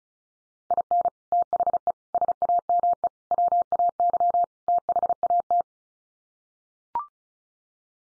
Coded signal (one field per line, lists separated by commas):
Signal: Morse code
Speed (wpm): 34 wpm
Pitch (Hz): 700 Hz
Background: none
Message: IN THE SAME WAY THAT